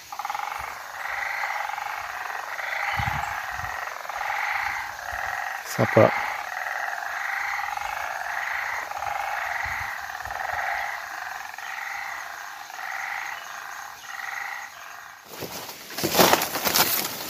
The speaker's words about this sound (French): Je pense que c'est des grenouilles.